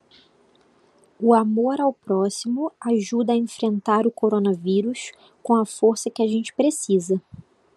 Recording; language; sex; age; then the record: spoken sentence; Brazilian Portuguese; female; 20 to 29 years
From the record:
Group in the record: control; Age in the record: 27 years